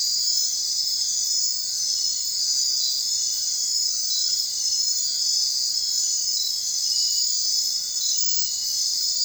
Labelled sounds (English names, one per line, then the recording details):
none
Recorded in secondary vegetation near Puerto Asís, Putumayo, Colombia, on 23 June 2025 at 23:30
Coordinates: 0.499, -76.323
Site G077